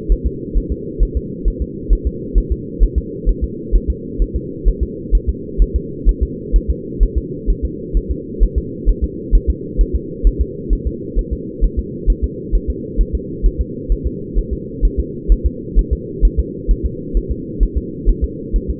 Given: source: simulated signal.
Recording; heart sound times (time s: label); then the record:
fetal heart sounds
0.12 s: S1
0.26 s: S2
0.58 s: S1
0.72 s: S2
1.03 s: S1
1.17 s: S2
1.48 s: S1
1.62 s: S2
1.93 s: S1
2.07 s: S2
2.38 s: S1
2.52 s: S2
2.83 s: S1
2.98 s: S2
3.29 s: S1
3.44 s: S2
3.75 s: S1
3.90 s: S2
4.22 s: S1
4.36 s: S2
4.68 s: S1
4.83 s: S2
5.15 s: S1
5.29 s: S2
5.62 s: S1
5.76 s: S2
6.09 s: S1
6.23 s: S2
6.56 s: S1
6.70 s: S2
7.03 s: S1
7.18 s: S2
7.50 s: S1
7.65 s: S2
7.97 s: S1
8.11 s: S2
8.43 s: S1
8.58 s: S2
8.89 s: S1
9.04 s: S2
9.35 s: S1
9.50 s: S2
9.81 s: S1
9.96 s: S2
10.27 s: S1
10.41 s: S2
10.73 s: S1
10.87 s: S2
11.19 s: S1
11.33 s: S2
11.64 s: S1
11.79 s: S2
12.10 s: S1
12.24 s: S2
12.55 s: S1
12.70 s: S2
13.01 s: S1
13.15 s: S2
13.46 s: S1
13.61 s: S2
13.92 s: S1
14.07 s: S2
14.38 s: S1
14.53 s: S2
14.85 s: S1
15.00 s: S2
15.32 s: S1
15.46 s: S2
15.79 s: S1
15.93 s: S2
16.25 s: S1
16.39 s: S2
16.71 s: S1
16.86 s: S2
17.17 s: S1
17.31 s: S2
17.63 s: S1
17.78 s: S2
18.09 s: S1
18.24 s: S2
18.56 s: S1
18.70 s: S2
From the record:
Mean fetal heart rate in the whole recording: 130 bpm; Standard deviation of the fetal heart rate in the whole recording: 2 bpm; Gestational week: 36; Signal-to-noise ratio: -4.1 dB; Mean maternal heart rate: no maternal heart sound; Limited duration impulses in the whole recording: absent